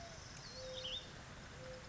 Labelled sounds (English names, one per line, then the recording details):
Mourning Dove
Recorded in Sonoma County, California